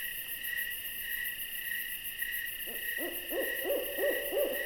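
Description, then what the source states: Owl giving a series of quick, bouncing hoots in the second half, against continuous insect buzzing. An owl visiting.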